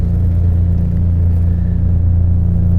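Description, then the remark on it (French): A car engine hums in a steady, low rumble, holding an even loudness throughout as the car drives away, with no voices present. “Puis tu tournes la voiture et tu repars dans la direction d'où tu es venu. Et tu roules.”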